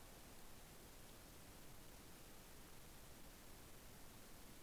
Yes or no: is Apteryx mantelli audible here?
no